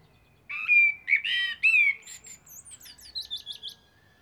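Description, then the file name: Common blackbird singing one phrase: mellow, fluting whistles that give way to a rapid series of thin, high, squeaky notes. "Turdus merula"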